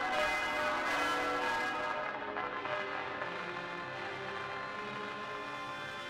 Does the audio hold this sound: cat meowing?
no